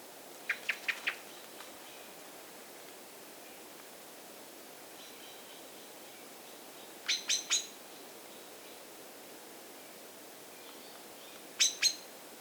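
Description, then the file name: Common blackbird calls: a quick run of four ticks, later a group of three and a final pair, with faint notes between. "Turdus merula"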